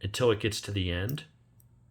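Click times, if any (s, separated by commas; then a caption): none. Someone talks while handling an OTF knife, moving the blade by hand along its track toward the end where the lock bar meets the groove in the blade. The speech stops around 1.3 s, leaving near-silence with only a very faint tick at about 1.6 s. Nothing has seated or clicked yet; the lock bar has not engaged the groove by the end of the clip.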